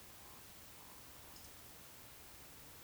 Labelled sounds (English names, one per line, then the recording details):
Eurasian Woodcock whistle
Eurasian Woodcock croak
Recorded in Baden-Württemberg, Germany, on 19 June 2020 at 20:04 UTC
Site 49006, 684 m above sea level